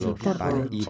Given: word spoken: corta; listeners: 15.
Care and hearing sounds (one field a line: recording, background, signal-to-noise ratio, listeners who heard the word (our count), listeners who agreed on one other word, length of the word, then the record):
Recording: one Spanish word in noise, from a listening test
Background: four-talker babble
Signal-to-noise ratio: -2.2 dB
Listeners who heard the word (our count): 3 of 15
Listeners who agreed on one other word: 6 of 15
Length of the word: 0.49 s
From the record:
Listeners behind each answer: 6, 3, 1, 1, 1, 1, 1, 1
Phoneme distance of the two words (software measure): 10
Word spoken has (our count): 2 syllables, 5 phonemes, stress on syllable 1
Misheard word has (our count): 2 syllables, 5 phonemes, stress on syllable 1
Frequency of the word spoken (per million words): 38.87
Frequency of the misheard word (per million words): 54.48